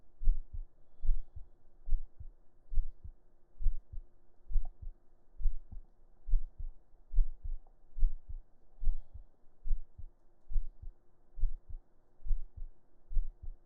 Laying on chest under shirt heartbeat.